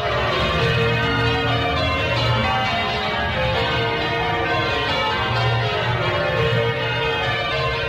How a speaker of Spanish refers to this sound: ¿quién nos pudiera dar en estos momentos que así como con nuestra voz conseguimos hacerlos presentes en medio de vosotros, lo pudiéramos hacer igualmente con nuestros ojos y nuestros oídos, para escuchar el vibrar de las campanas de toda España?